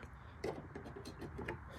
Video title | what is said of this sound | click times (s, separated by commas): How to install ram in your motherboard #computer #turorial #viral | Now it may go in but it doesn't lock in. | none